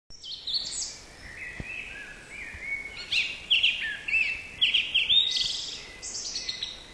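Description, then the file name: Thrush song: a run of varied clear whistled phrases, high and shifting, some short notes repeated in quick bursts, over faint steady background noise. "drozd"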